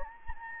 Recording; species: mosquito wingbeat signal from an infrared sensor; Anopheles gambiae